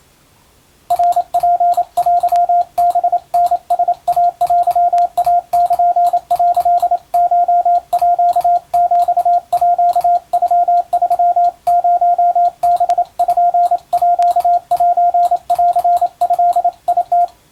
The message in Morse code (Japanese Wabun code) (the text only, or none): ナツテハタライテイル」コーヒーノ30パーセンドム